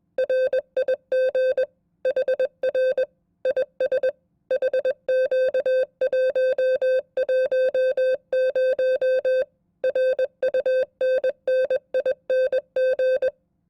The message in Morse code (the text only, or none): RIG HR IS HQ110 RUNNING